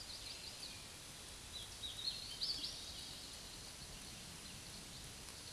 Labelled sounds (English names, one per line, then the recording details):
Hooded Warbler song
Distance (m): 60 m
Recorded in a Pennsylvania forest on 18 May 2023 at 12:59
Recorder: AudioMoth, point grid1_7_low
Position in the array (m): 149 m, 123 m